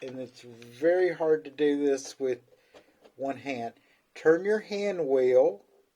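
After oiling, the rotary hook is being handled back into the hook race of a Bernina New 5 Series sewing machine while the hand wheel is turned. Someone talks throughout, with faint handling sounds between the words. Nothing has seated or clicked into place yet.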